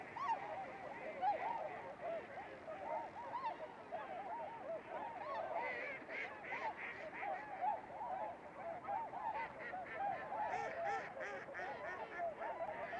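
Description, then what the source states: A goose flock keeps up a busy chorus of overlapping honks, with bursts of harsher calls in the second half. 16 January 2015.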